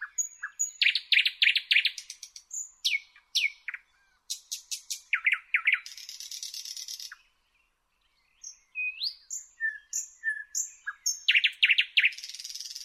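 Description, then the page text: Thrush nightingale singing fast series of chopped notes, harsh buzzing bursts and clear upslurred whistles, with one brief silent gap before the song resumes. "Jelmer Poelstra - Обыкновенный соловей (Luscinia luscinia)"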